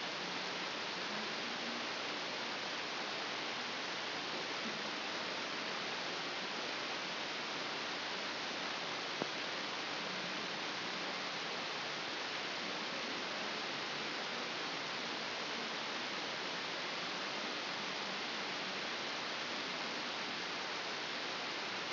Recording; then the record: brain microelectrode recording played as sound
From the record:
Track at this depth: inside the subthalamic nucleus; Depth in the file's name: 6.707 mm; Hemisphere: left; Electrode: 2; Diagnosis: Parkinson's disease